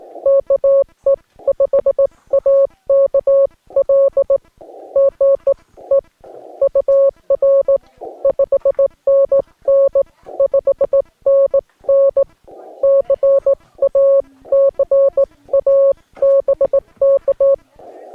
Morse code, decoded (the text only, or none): KE5AKL GE UR 5NN 5NN CA CA BK